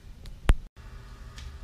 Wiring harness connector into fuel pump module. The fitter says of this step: the wires go in till it snaps, and that's it.